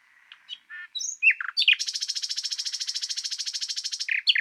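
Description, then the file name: Common nightingale song: a few varied chirps and short whistles, then a long, fast, buzzy trill of evenly repeated notes lasting over two seconds, ending with sharp notes. "Luscinia megarhynchos"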